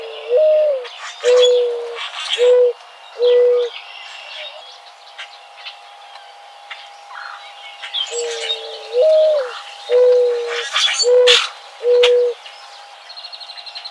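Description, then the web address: Mourning dove giving two full coo series, each a slurred rising note then three even low hoots, with assorted small-bird chirps in the background. Recorded 20 May 2007. "Mourning Dove 2007 05 20"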